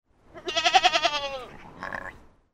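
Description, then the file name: Goat bleating, one wavering, strongly harmonic bleat with a pulsed, quavering quality that falls away at the end, followed by a shorter, harsher second bleat. "cabra"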